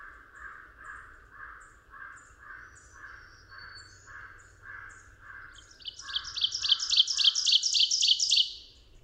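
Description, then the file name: Ovenbird song: a loud, ringing series of repeated two-note phrases that builds in volume over about two and a half seconds, following a softer, lower bird's steady run of repeated notes. Recorded 22 June 2001. "2001-06-22 Ovenbird"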